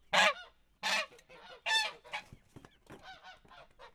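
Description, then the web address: Domestic goose giving three loud, brassy honks, followed by a run of quieter, chattering nasal calls. In a farmyard. "allathangok parasztudvar hazilud liba liba"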